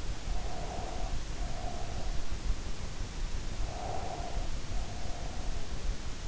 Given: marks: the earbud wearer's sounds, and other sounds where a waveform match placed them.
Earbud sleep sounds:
sounds in sleep by an in-ear microphone; breath
0.33-2.28 s: breath
3.64-5.79 s: breath

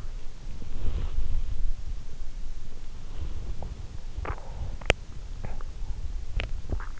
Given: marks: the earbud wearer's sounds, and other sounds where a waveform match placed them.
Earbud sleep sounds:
sounds in sleep by an in-ear microphone; body movement, swallowing
0.47-3.57 s: body movement
3.83-6.99 s: swallowing

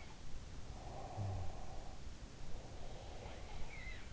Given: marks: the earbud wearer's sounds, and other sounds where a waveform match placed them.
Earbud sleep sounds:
sounds in sleep by an in-ear microphone; snoring breath
0.00-1.37 s: sound from someone else or the room
0.72-3.77 s: snoring breath
2.60-4.13 s: sound from someone else or the room

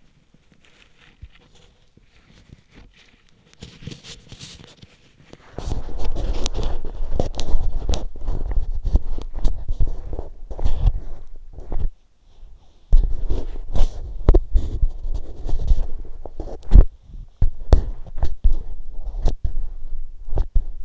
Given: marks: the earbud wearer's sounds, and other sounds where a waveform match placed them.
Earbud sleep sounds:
sounds in sleep by an in-ear microphone; body movement
0.29-20.84 s: body movement

